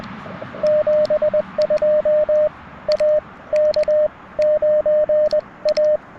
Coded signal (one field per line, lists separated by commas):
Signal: Morse code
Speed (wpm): 20 wpm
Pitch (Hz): 610 Hz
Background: radio noise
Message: 72 A K 9A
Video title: QRP CW POTA Activation - 9/19/23 @ Tuskegee National Forest (K-4451)